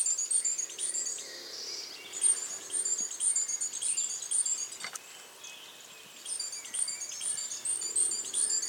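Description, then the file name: Great tit calls: dense bursts of very high, thin chirps in bouts of a few seconds, with a short quiet gap near the middle. "Parus major"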